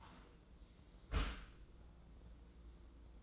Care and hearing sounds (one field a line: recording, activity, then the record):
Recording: daily activity, microphone in the room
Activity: close dishwasher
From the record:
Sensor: 3